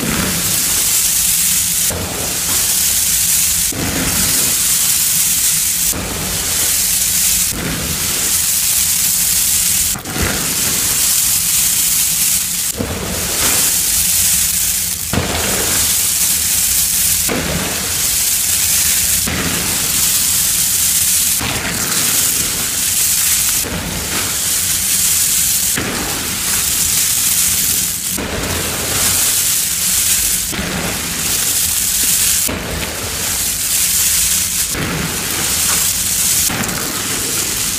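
Soap flakes pour and chalky blocks are crushed into dusty powder. A dense, steady, bright hiss like sizzling or rain runs throughout, broken every two seconds or so by sharp crunchy bursts that sound for most of the clip.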